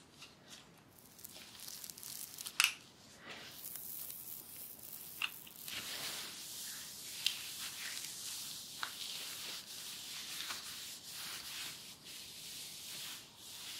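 Hair play and scratching make a continuous soft, bright rustle and brushing, with a few sharp scratchy clicks near 2.5, 5, 7 and 9 seconds.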